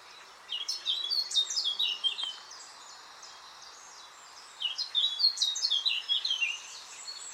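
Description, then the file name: Eurasian blackcap singing two quick, high warbling phrases of varied chirping notes, each about two seconds long, separated by a quiet pause. "Sylvia atricapilla"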